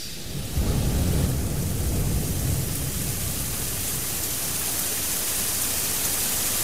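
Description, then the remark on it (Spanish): A low rumble of thunder swells in the first couple of seconds, then fades under a steady, hissing wash of heavy rain that continues to the end. No voices. “Tápate que va a llover.”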